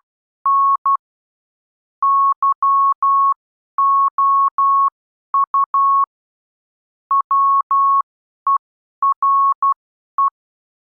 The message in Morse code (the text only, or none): N YOU WERE